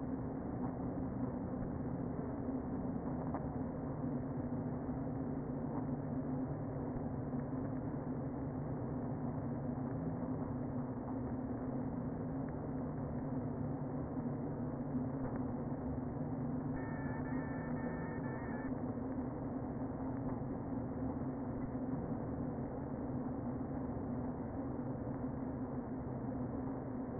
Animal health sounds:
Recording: honeybee colony, microphone inside the hive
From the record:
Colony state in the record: queen present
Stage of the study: before two queens were removed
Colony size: about 60,000 bees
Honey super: yes

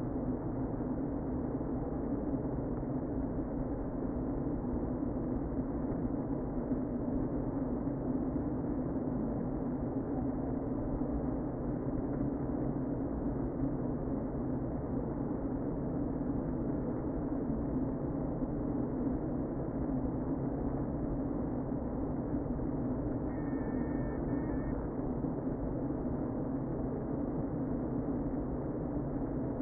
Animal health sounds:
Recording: honeybee colony, microphone inside the hive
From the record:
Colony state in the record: queen present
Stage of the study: before two queens were removed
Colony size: about 60,000 bees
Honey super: yes

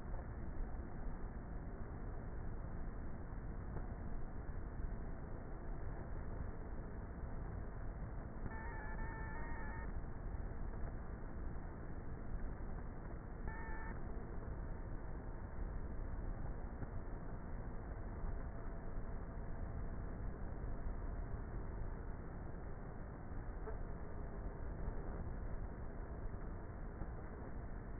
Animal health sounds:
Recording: honeybee colony, microphone inside the hive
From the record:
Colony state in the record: queenless with a low population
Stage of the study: before two queens were removed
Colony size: about 30,000 bees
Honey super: no

